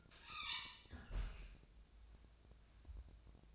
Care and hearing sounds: daily activity, microphone in the room; close fridge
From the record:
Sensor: 2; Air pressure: 999.9 hPa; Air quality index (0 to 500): 124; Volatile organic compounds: 2 ppm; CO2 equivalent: 1061 ppm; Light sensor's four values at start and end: 31/78/33/37 and 31/78/33/37

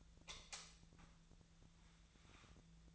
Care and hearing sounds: daily activity, microphone in the room; light off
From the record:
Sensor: 3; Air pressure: 1009.7 hPa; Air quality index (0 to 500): 190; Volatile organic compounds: 14 ppm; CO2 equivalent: 2475 ppm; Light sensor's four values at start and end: 45/118/50/51 and 38/96/41/44

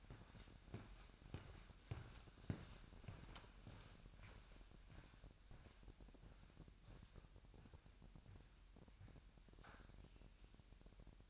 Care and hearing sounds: daily activity, microphone in the room; walk to room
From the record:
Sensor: 2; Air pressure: 1012.1 hPa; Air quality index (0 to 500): 154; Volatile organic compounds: 2 ppm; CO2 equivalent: 1110 ppm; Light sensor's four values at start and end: 79/190/78/76 and 80/192/78/76

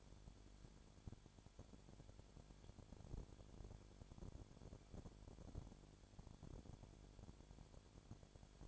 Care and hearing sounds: daily activity, microphone in the room; no activity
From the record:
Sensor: 5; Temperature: 20.2 degrees Celsius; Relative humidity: 36.5%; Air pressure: 1001.2 hPa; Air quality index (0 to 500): 177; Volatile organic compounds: 4 ppm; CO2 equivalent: 1618 ppm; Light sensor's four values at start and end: 2/3/1/1 and 2/3/1/1

